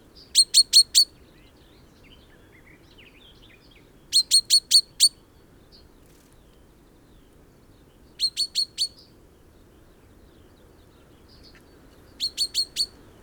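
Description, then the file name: Common chaffinch calls: tight bursts of four or five sharp, high notes, about four seconds apart, with faint soft chirps between and low background noise. "Fringilla coelebs"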